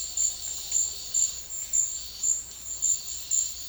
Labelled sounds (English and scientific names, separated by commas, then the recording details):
none
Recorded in secondary vegetation near Puerto Asís, Putumayo, Colombia, on 4 March 2025 at 11:00
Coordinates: 0.499, -76.323
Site G094